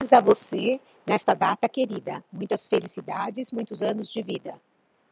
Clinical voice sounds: short text; Brazilian Portuguese; female; 50 to 59 years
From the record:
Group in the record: control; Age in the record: 53 years

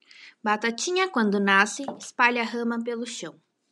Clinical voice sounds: short text; Brazilian Portuguese; female; 20 to 29 years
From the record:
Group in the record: control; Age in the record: 22 years

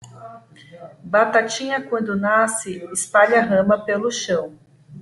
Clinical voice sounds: short text; Brazilian Portuguese; female; 30 to 39 years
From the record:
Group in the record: control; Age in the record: 33 years

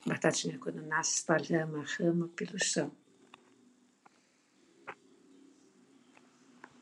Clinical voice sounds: short text; Brazilian Portuguese; female; 60 to 69 years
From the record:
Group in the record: control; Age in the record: 62 years

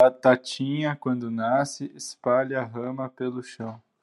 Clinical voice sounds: short text; Brazilian Portuguese; male; 20 to 29 years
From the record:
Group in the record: control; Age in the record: 27 years

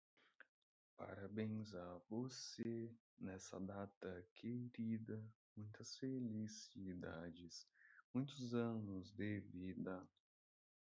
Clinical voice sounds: short text; Brazilian Portuguese; male; 30 to 39 years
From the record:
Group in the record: control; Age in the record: 32 years

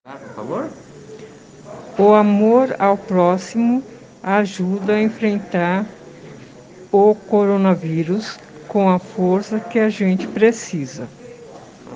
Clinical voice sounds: spoken sentence; Brazilian Portuguese; female; 60 to 69 years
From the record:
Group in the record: respiratory insufficiency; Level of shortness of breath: 5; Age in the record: 65 years

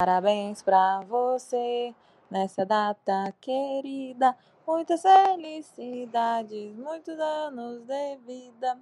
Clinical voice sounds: short text; Brazilian Portuguese; female; 30 to 39 years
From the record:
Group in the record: control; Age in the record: 31 years

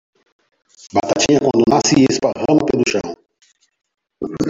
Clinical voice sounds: short text; Brazilian Portuguese; male; 40 to 49 years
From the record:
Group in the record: control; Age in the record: 45 years

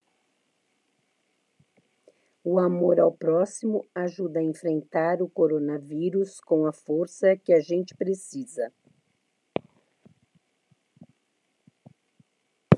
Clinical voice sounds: spoken sentence; Brazilian Portuguese; female; 50 to 59 years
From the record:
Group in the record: control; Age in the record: 58 years

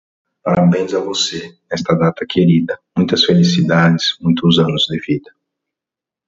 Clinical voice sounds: short text; Brazilian Portuguese; male; 30 to 39 years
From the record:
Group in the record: control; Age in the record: 35 years

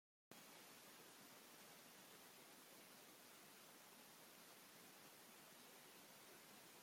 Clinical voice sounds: short text; Brazilian Portuguese; male; 50 to 59 years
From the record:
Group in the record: control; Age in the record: 55 years

